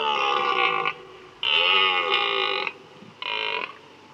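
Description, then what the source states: Red deer bellowing: three rough, harmonic-rich bellows, the middle one longest, separated by brief pauses. Males bellow during the autumn breeding season, the rut, to proclaim their territory.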